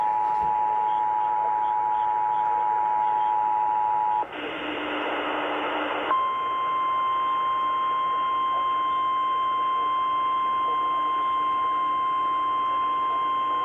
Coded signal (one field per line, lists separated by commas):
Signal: Emergency Alert System (SAME) tones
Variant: 853 and 960 Hz attention tone